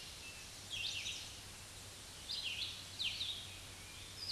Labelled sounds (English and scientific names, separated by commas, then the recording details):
Red-eyed Vireo (Vireo olivaceus) song
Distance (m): 25 m
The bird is about 20 m above the microphone
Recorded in a Pennsylvania forest on 16 May 2024 at 06:42
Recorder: AudioMoth, point MSD-0192
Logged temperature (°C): 16.0 °C
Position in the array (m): 165 m, 73 m